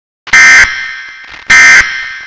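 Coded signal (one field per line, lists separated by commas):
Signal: Emergency Alert System (SAME) tones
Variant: end-of-message bursts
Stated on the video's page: Fictional alternative EAS scenario.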